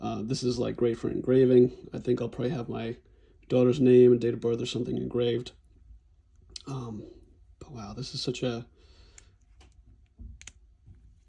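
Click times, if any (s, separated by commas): 10.4 s, 10.5 s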